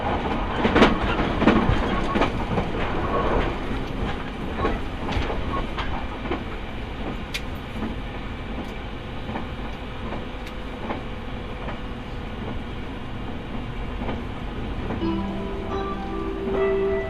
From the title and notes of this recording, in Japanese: 耳で楽しむ鉄道旅 日豊本線特急ソニック6号 柳ヶ浦→小倉。